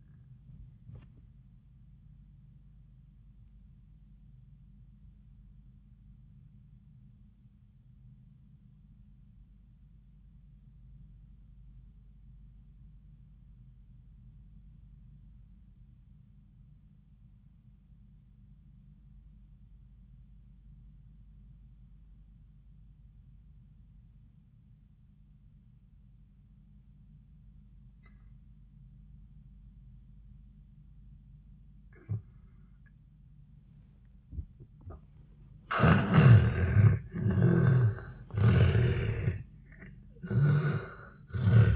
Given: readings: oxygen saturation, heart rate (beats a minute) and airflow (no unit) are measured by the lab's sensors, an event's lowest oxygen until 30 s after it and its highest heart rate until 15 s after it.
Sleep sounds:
breathing in sleep by a smartphone at the bedside; 1
7.00-35.30 s: obstructive apnea (N2, oxygen 96% highest, then 77% lowest, heart rate 76 at the start, 94 highest)
30.00-41.76 s: new sleep stage, N1 (lightest sleep)
From the record:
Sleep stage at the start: N2 (light sleep); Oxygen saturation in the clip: 78 to 96%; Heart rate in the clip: 73 to 89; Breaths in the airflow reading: 3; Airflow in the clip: -15.4 to 11.9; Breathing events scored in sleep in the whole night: 400 in 8.7 hours asleep

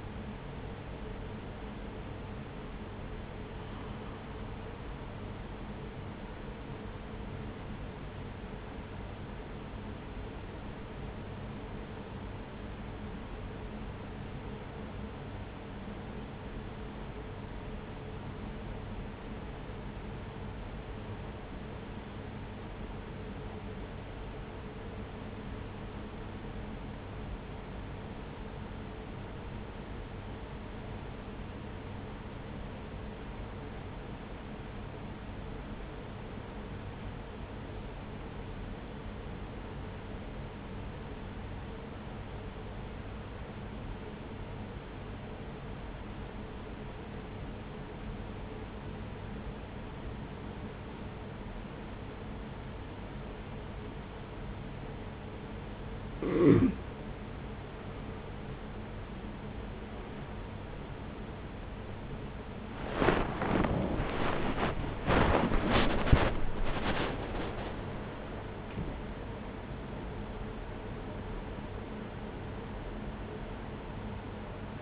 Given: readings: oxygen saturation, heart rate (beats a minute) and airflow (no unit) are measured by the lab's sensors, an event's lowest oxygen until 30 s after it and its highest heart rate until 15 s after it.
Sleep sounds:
breathing in sleep by a voice recorder at the bedside; 1
11.00-57.00 s: hypopnea (N1, oxygen 97% highest, then 88% lowest)
35.00-65.00 s: new sleep stage, N2 (light sleep)
65.00-74.82 s: new sleep stage, awake
66.00-74.82 s: awake
From the record:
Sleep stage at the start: N1 (lightest sleep); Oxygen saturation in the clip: 89 to 97%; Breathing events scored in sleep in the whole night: 210 in 6.9 hours asleep

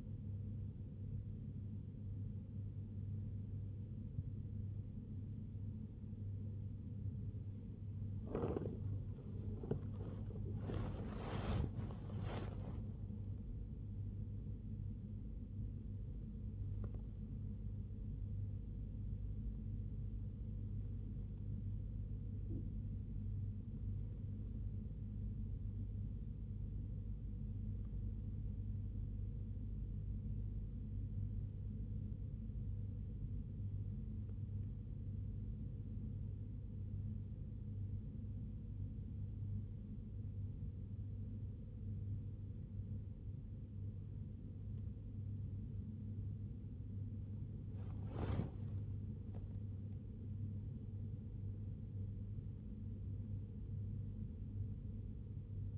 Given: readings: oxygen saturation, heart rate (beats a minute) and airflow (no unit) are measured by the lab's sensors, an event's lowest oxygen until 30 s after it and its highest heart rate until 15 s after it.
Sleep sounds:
breathing in sleep by a smartphone at the bedside; 1
2.00-32.00 s: new sleep stage, N1 (lightest sleep)
22.00-45.60 s: hypopnea (N1, oxygen 95% highest, then 94% lowest, heart rate 64 at the start, 80 highest)
32.00-55.78 s: new sleep stage, N2 (light sleep)
From the record:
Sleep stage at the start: N2 (light sleep); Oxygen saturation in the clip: 92 to 95%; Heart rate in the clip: 61 to 84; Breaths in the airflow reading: 17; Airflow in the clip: -3.0 to 3.5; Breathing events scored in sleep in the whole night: 101 in 7.3 hours asleep

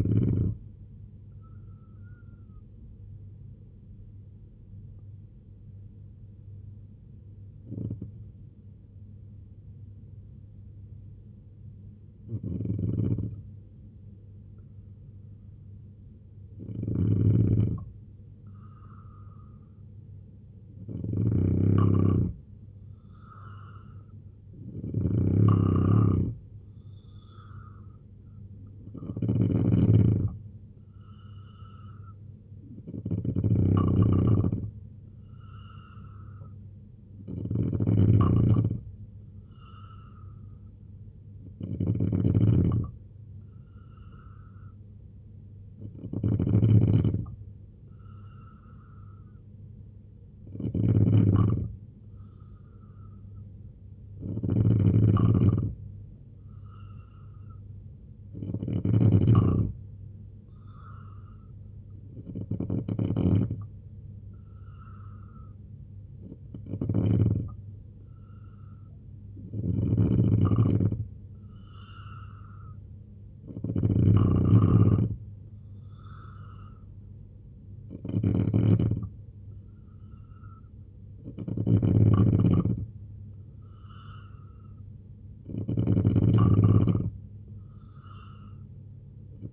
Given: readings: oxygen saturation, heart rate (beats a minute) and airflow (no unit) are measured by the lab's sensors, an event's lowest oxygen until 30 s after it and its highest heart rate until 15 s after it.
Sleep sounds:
breathing in sleep by a smartphone at the bedside; 2
4.00-22.60 s: hypopnea (N2, oxygen 95% highest, then 89% lowest, heart rate 69 at the start, 75 highest)
49.00-65.00 s: hypopnea (N2, oxygen 91% highest, then 87% lowest, heart rate 73 at the start, 74 highest)
75.00-89.53 s: new sleep stage, N3 (deep sleep)
From the record:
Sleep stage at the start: N2 (light sleep); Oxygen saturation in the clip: 85 to 95%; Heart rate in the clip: 66 to 75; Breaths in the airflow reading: 20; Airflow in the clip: -3.4 to 5.5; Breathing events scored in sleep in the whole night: 258 in 7.4 hours asleep

